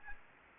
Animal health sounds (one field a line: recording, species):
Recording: mosquito wingbeat signal from an infrared sensor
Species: Aedes aegypti